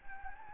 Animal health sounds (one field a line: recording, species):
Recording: mosquito wingbeat signal from an infrared sensor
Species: Anopheles gambiae